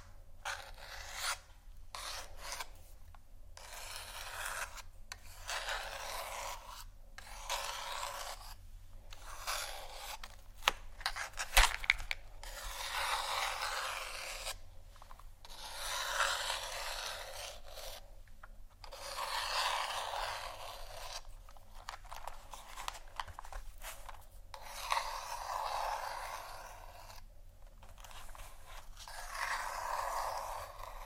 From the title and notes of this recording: ASMR 31 Scratching Triggers For Your Tingles（No Talking）.